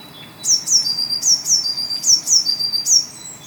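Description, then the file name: Eurasian blue tit calling: a quick run of several sharp, high, downslurred notes, each a bright clipped chirp. "Cyanistes caeruleus"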